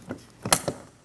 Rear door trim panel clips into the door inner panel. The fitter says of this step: Listen for an audible click from that. Make sure it's secured in place.